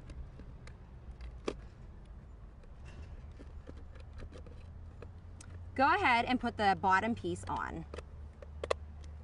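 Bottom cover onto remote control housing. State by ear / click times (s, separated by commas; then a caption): seated / 8.7 s. The plastic bottom cover is pressed back onto the remote control housing over the battery, with faint handling ticks and taps while someone talks. A sharp click at 8.7 s marks the cover snapping into place and seating.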